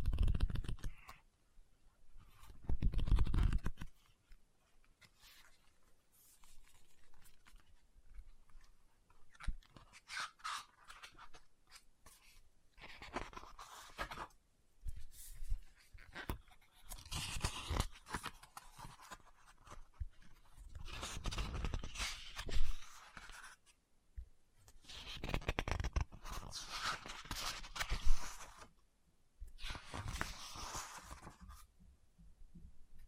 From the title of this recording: Book Tapping, Scratching, Page Turning